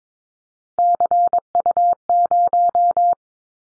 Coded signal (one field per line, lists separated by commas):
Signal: Morse code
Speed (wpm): 22 wpm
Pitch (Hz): 700 Hz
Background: none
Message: CU0